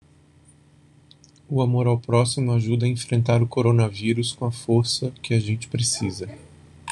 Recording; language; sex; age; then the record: spoken sentence; Brazilian Portuguese; male; 50 to 59 years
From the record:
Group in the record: control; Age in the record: 52 years